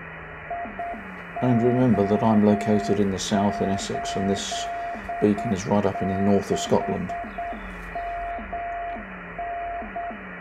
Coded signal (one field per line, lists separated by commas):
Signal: Morse code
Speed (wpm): 8 wpm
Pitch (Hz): 690 Hz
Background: speech, radio noise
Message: IO86MN